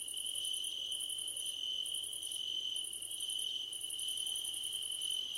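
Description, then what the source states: Crickets calling in rhythmic high trilled bursts, layered over a steady continuous buzzing tone. Crickets at night under a starlit sky, nighttime ambience.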